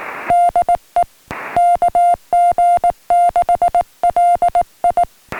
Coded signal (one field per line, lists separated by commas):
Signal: Morse code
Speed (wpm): 18 wpm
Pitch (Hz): 700 Hz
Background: music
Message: DE KG6LI